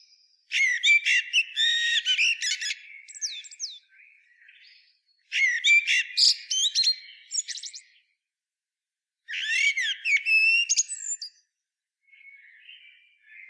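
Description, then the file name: Common blackbird song: three loud bursts of high, squeaky twittering phrases with sharp slurred notes, separated by pauses and quieter soft trailing notes. "Turdus merula"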